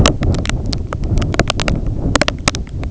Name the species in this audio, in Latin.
none